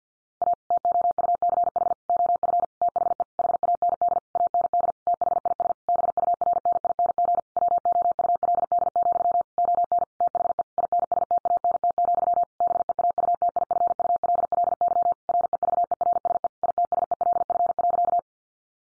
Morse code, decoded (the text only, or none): A TOUCH OF THE HAND AND THIS BURNING WOULD, ON THE INSTANT, BEAUTIFULLY REVERSE ITSELF.